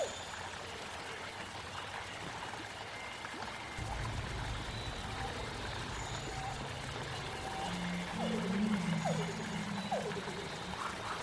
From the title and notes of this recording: Jurassic world ambience |prehistoric forest | dinosaur sounds.